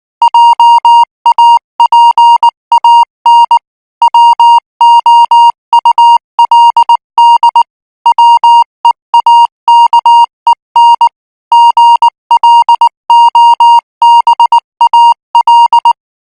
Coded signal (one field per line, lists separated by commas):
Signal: Morse code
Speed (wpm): 19 wpm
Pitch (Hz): 940 Hz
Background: music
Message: JAPAN WOULD WEAKEN GLOBAL